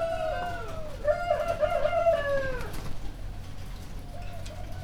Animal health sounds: poultry house recording; healthy chickens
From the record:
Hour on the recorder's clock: 2

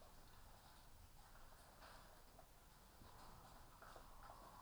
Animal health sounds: poultry house recording; healthy chickens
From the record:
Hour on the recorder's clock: 12

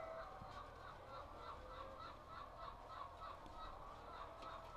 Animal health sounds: poultry house recording; healthy chickens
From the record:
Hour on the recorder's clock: 8

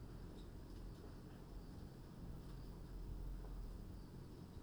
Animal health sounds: poultry house recording; no chicken sound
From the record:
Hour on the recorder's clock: 21

